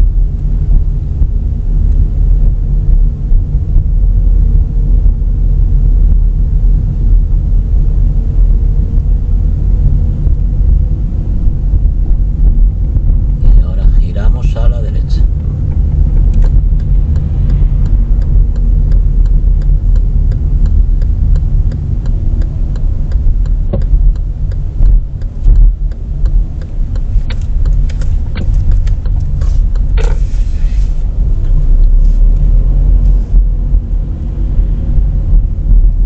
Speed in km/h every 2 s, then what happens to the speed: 19, 21, 20, 20, 22, 23, 23, 23, 23, 18, 15, 12, 14, 10, 10, 20, 25, 26.
0-16 steady at about 22. 16-21 slows to 12. 21-28 steady at about 10. 28-31 speeds up to 25.